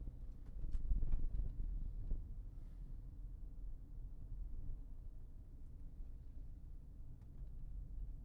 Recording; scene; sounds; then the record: everyday scene through a hearing-aid microphone; in a vehicle; engine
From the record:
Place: Berlingo II, diesel engine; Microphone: behind the ear, left, rear